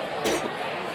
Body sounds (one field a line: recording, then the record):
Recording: coughing mixed with background sound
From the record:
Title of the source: 61 morning phlegmy cough...again